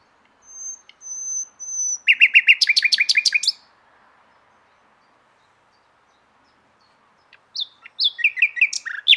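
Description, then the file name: Common nightingale song: a few thin high whistles, then a fast rattling burst of repeated notes, a pause, and another run of rapid varied phrases. "Luscinia megarhynchos"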